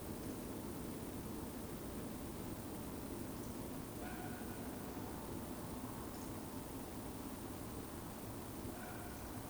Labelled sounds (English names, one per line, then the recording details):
Eurasian Woodcock whistle
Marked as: whistle, whistle, whistle, whistle
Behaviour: display flight
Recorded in Baden-Württemberg, Germany, on 23 June 2020 at 20:35 UTC
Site 14569, 102 m above sea level